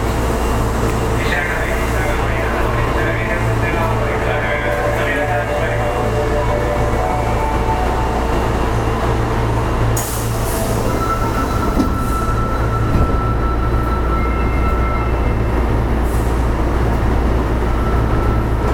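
Inside a subway train running between stations, a steady low rumble and motor hum continue throughout, with faint voices and brief high squeals around ten seconds.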